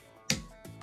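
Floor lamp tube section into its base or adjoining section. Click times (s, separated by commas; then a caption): 0.3 s. A section of a Grundig LED RGB floor lamp's tube is pushed into its base or adjoining section during assembly. Over a low, quiet background, a sharp, loud click is heard at 0.3 s, followed by a fainter knock near 0.8 s. The section clicks into place and is seated.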